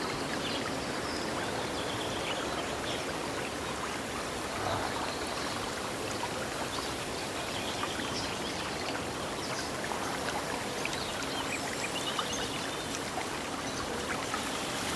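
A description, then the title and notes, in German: Forest nature sounds: a steady, dense rushing wash fills the whole fifteen seconds without pause, much like flowing water. Faint brighter chirps and small flickers rise now and then above it, possibly birds, while a low hum sits underneath throughout. Der Tiefe Wald - Friedliche Naturgeräusche.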